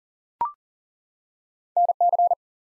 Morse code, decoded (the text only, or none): NC